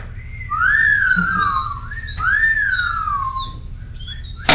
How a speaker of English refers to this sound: Okay, now, this is whistle.